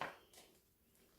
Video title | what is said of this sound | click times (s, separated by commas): How to remove and replace filters in Dyson DC14 Animal | it's a bit tricky there we have one side and that sort of clicked in did you hear that | 0.0 s